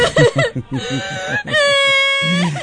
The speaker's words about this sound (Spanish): Esa tenemos la grabación de la tía …. Así me iba llorando.